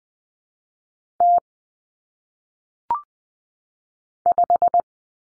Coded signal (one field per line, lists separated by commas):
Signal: Morse code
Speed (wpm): 20 wpm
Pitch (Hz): 700 Hz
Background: none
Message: T 5